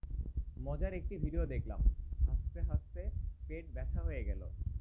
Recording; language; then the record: elicited speech; Bengali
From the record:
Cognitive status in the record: cognitively healthy